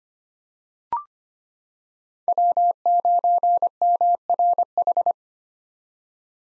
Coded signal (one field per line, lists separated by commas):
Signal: Morse code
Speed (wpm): 25 wpm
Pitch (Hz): 700 Hz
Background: none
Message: W9MRH